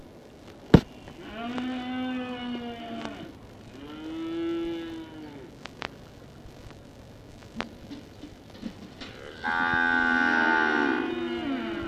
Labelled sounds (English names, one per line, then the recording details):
Banteng call
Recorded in captivity
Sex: female
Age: adult
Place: Tierpark Berlin, Berlin, DE
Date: 1968-01-20
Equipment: Uher 4000 Report-S, Transistorverstärker II, Sennheiser MD 421
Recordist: Tembrock, Günter
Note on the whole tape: Zwei Kühe: Rufe vor Fütterung. Abstand: 10 m Aufnahmezeit: 9.30-13:30 Uhr